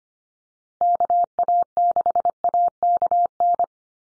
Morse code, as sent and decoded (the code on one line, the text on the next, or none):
-.- .- -.... .- -.- -.
KA6AKN